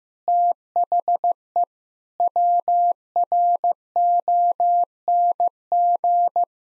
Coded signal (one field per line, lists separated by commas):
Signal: Morse code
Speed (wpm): 15 wpm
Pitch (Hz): 700 Hz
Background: none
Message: THE WRONG